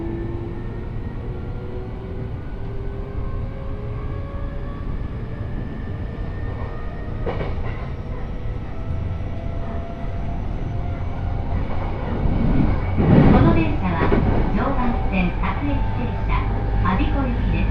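A Joban Line local train runs from Kita-Senju toward Abiko, with a constant low rumble under a motor whine that rises steadily in pitch. A sharp clatter comes near seven seconds, and louder rattling and squeals build after twelve seconds.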